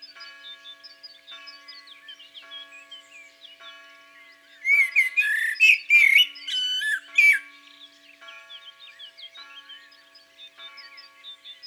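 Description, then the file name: Common blackbird delivering one loud warbled phrase with squeaky high notes midway, surrounded by quieter twittering and faint steady background tones. In the countryside. "Merle noir Chants doiseaux dans la campagne"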